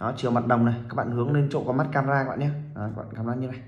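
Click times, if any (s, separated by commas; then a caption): none. A microSD memory card is being pushed into the card slot of a mini camera, its gold contacts facing up toward the lens side. Someone talks throughout. Nothing has seated or clicked yet.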